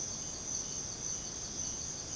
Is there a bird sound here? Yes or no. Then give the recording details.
no. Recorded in secondary vegetation near Puerto Asís, Putumayo, Colombia, on 20 December 2024 at 04:30. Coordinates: 0.489, -76.322. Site G059